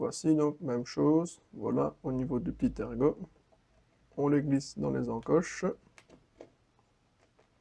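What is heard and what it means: A DDR3 memory stick is guided by its small key into the notches of a motherboard memory slot and lowered, ready to be pressed straight down. Someone talks, followed by a few faint small knocks near 6.0, 6.4 and 7.2 seconds. The module has not clicked into place yet.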